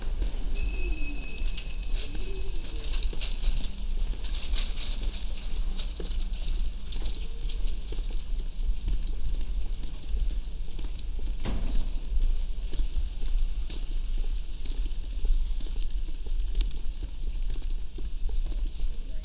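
Footsteps and street sounds fill a walk up Queen's Lane and New College Lane, with a steady low rumble underneath throughout. Frequent short knocks and clicks, like hooves or heels, come irregularly, with a louder thud near twelve seconds and a high tone early on.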